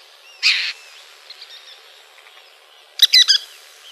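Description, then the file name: Western kingbird calls, one rough buzzy note followed about two and a half seconds later by a rapid sputtering cluster of sharp notes. Calls recorded in Arizona. "WEKI CALLS deviche"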